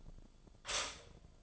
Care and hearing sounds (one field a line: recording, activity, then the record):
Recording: daily activity, microphone in the room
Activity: stop toaster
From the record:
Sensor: 5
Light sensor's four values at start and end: 88/235/95/100 and 88/235/95/100